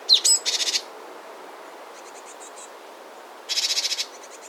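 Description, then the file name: Great tit calls: a few thin high whistled notes, then a rapid buzzy rattle, with another harsh churring burst after a pause of about three seconds. "Parus major"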